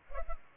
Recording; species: mosquito wingbeat signal from an infrared sensor; Culex pipiens